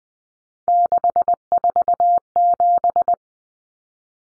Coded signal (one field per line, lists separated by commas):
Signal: Morse code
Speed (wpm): 20 wpm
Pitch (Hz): 700 Hz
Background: none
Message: 647